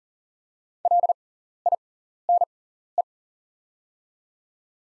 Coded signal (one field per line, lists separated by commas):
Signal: Morse code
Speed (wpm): 40 wpm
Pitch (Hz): 700 Hz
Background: none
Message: LINE